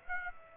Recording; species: mosquito wingbeat signal from an infrared sensor; Aedes aegypti